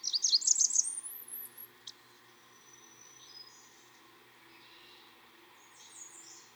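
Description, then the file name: Blackburnian warbler singing a rapid, shrill series of very high notes that ends in an ascending thin trill, followed by fainter high sounds. "song Christopher-Mc Pherson-Blackburnian-Warbler-Setophaga-fusca"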